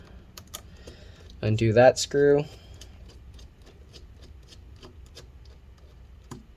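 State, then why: Released. A hinge screw at the top of an Acer Aspire 5253 laptop screen is unscrewed until it clicks free of its thread, releasing it. Someone talks briefly around 1.5–2.4 s, followed by faint ticks and small scrapes, and the screw's click is heard at 6.3 s.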